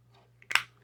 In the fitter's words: snaps right into place